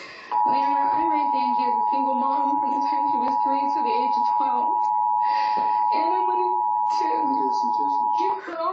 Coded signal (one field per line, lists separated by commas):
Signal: Emergency Alert System (SAME) tones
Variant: 853 and 960 Hz attention tone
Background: speech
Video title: National Emergency Alert System Test